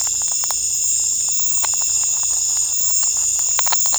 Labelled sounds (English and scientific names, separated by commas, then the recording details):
none
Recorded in secondary vegetation near Puerto Asís, Putumayo, Colombia, on 16 December 2024 at 19:00
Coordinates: 0.499, -76.323
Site G010